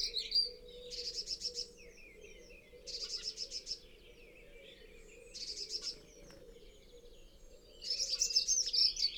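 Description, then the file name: Great tit churring: harsh buzzy bursts repeated every two to three seconds, over a low drone and background noise. "Parus major"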